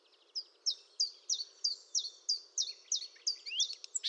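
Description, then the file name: Common nightingale singing a rapid series of sharp, high, slightly buzzy notes, about three per second, ending in a quick rising note and brief flourish, over faint low hiss. "Luscinia megarhynchos"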